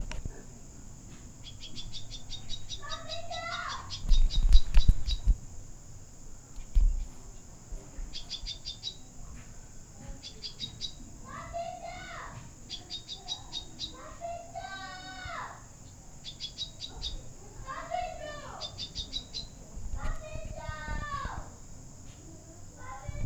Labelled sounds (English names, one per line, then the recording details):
Red-chested Sunbird
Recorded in Lake Mburo, Uganda